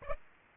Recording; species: mosquito wingbeat signal from an infrared sensor; Aedes aegypti